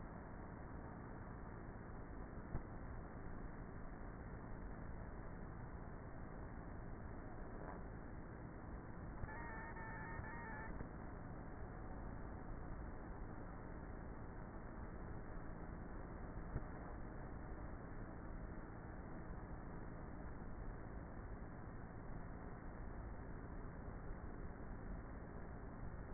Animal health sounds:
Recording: honeybee colony, microphone inside the hive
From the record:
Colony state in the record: queenless with a low population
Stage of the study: before two queens were removed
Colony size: about 30,000 bees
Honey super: no

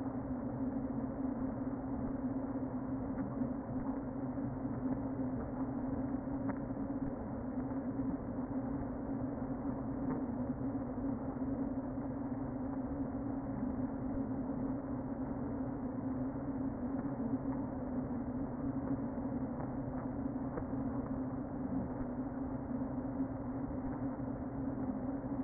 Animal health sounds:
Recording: honeybee colony, microphone inside the hive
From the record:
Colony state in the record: queen present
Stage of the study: before two queens were removed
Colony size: about 60,000 bees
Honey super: yes

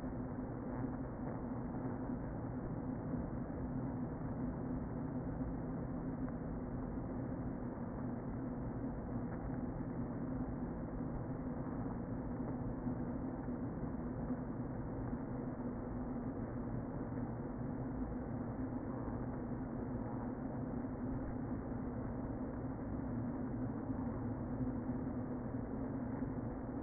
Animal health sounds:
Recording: honeybee colony, microphone inside the hive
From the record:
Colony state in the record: queen present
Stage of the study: before two queens were removed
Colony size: about 60,000 bees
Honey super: yes

